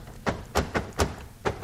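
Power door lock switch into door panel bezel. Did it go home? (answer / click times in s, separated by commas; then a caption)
no / none. A new plastic power door lock switch is being pushed by hand into its opening in the door panel bezel. A series of short, dull taps and pushes is heard, with the sharpest at about 0.6, 1.0 and 1.5 seconds. The switch has not yet seated or clicked into place by the end of the clip.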